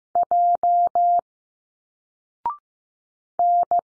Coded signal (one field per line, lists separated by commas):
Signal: Morse code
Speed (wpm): 15 wpm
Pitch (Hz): 700 Hz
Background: none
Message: J N